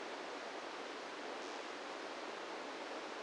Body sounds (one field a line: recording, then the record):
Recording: brain microelectrode recording played as sound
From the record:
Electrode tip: inside the subthalamic nucleus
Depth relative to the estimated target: -2 mm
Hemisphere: right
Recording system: NeuroSet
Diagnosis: Parkinson's disease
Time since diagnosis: 17 years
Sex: male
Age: 64 years